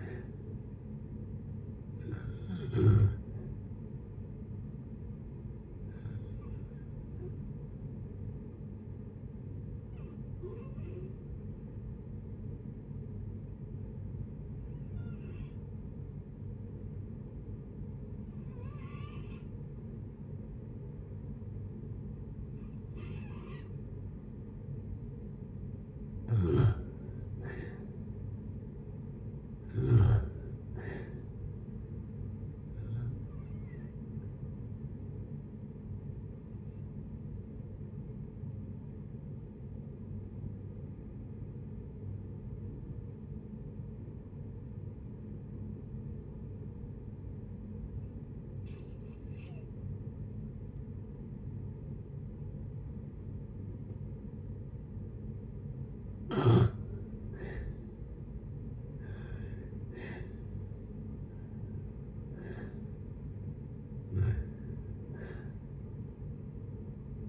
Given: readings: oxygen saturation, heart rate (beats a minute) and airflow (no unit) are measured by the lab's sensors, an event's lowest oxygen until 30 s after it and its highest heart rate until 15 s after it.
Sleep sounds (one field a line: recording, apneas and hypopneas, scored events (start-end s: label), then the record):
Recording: breathing in sleep by a smartphone at the bedside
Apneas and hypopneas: 2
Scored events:
3.00-25.90 s: hypopnea (N1, oxygen 95% highest, then 85% lowest, heart rate 72 at the start, 72 highest)
12.00-67.29 s: new sleep stage, N2 (light sleep)
37.00-57.90 s: obstructive apnea (N2, oxygen 94% highest, then 79% lowest, heart rate 66 at the start, 75 highest)
From the record:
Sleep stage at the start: N1 (lightest sleep)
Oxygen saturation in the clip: 81 to 96%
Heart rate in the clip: 54 to 75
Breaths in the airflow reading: 10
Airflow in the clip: -7.2 to 9.8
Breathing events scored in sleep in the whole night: 496 in 5.4 hours asleep